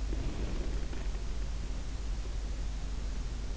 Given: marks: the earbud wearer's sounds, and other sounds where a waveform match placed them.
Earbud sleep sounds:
sounds in sleep by an in-ear microphone; breath
0.05-1.09 s: breath

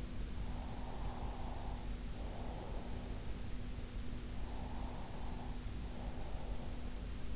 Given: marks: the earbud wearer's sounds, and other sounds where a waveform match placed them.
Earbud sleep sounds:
sounds in sleep by an in-ear microphone; breath
0.79-3.79 s: breath
4.79-7.36 s: breath

